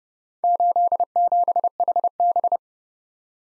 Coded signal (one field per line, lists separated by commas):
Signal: Morse code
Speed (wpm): 30 wpm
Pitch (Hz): 700 Hz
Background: none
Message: 87HB